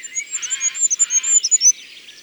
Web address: Roitelet-huppe abc-de-la-nature